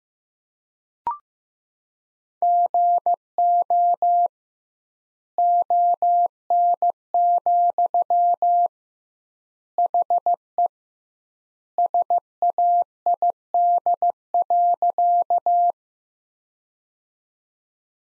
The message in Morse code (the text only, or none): GO ON, HE SAID.